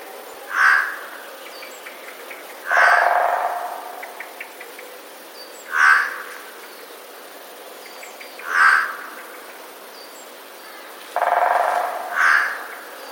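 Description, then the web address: Eurasian jay giving harsh screeching calls, five rough bursts every two to four seconds, some with a lower buzzy rasp. Recorded 20 March 2022. "wroblowe ostrzegator sojka"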